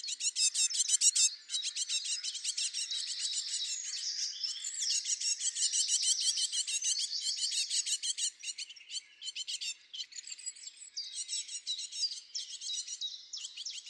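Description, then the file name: Great tit calls, a dense run of high chattering and buzzy notes in quick series. "Parus major"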